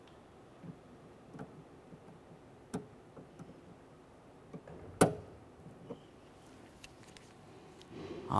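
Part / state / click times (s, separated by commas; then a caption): door lock rod into door latch lock lever / seated / 5.0 s. A door lock rod on a 2001-2005 Ford Explorer Sport Trac is reconnected inside the door to the latch lock lever with a little leverage, accompanied by faint handling taps and clicks. The rod clip snaps onto the lock with a sharp click at 5.0 s, confirming it is seated. It is then wiggled to check that it is secured.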